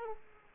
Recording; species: mosquito wingbeat signal from an infrared sensor; Aedes aegypti